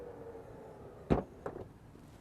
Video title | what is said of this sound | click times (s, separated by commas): War city suvs: Toyota RAV4 2013 vs VW Tiguan 2014 | We could hear a click, but it's closed. | 1.1 s, 1.5 s